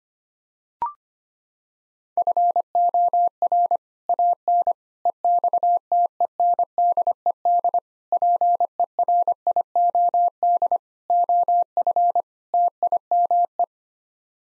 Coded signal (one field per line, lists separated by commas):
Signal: Morse code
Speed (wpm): 25 wpm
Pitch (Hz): 700 Hz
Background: none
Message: FOR AN EXTENDED PERIOD OF TIME